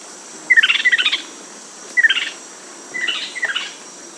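Bird calls in three short bursts of rapid, sharp chirps, with quiet pauses between them.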